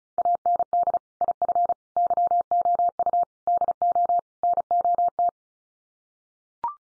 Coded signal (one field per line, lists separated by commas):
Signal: Morse code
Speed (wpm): 34 wpm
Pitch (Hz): 700 Hz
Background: none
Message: AND IF YOU DO NOT